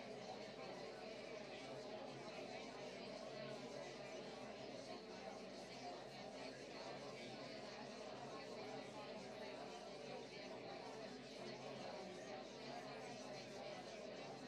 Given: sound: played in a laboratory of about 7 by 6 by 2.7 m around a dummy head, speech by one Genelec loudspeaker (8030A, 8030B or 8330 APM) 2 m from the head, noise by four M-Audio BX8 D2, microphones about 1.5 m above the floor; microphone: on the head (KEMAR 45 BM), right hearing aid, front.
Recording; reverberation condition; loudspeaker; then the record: babble noise; low; four, about 170 cm from the corners of the room and facing them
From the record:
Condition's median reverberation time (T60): about 310 ms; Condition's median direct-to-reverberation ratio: about 3.5 dB